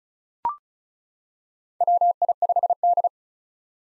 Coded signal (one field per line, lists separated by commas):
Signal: Morse code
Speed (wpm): 34 wpm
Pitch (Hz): 700 Hz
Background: none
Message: WI5D